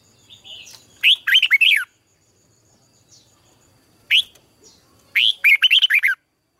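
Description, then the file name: Red-whiskered bulbul song: two bursts of quick, chirpy warbled notes, a single short note in between, all bright and high. "Tieng chao mao hot"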